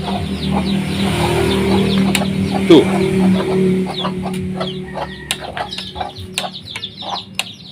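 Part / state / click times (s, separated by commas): click-type torque wrench tightening a bolt / torque reached / 7.4 s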